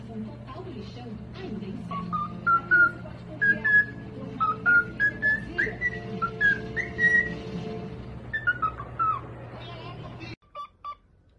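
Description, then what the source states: Cockatiel whistling a melodic run of clear notes that climb in steps and then drop, over a low steady hum that cuts out near the end. Several cockatiels singing and whistling.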